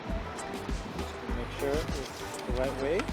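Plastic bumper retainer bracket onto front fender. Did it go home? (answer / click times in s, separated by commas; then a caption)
no / none. A plastic bumper retainer bracket is positioned and turned to check it is the right way round before being pressed onto the front fender of a 2014-2019 Toyota Highlander. Someone talks over background music while a few dull low knocks of handling are heard. Nothing has seated or clicked yet.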